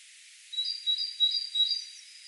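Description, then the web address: Great tit song, a run of high, thin two-note phrases lasting about a second and a half, wavering slightly in loudness. "SETE data Parus major"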